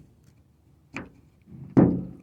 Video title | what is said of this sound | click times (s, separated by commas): MK2 GTI Golf Side Moldings | vous entendez ce claquement d'accord le dernier et vous devez le | 1.0 s